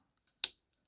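The metal bracelet clasp of a Borealis Neptuno watch, with a 52 millimeter band on a 6.5 inch wrist, is pressed closed onto itself after a failed attempt. A faint tick at 0.3 s is followed by a sharp, bright snap at 0.4 s. The clasp snaps shut and is seated.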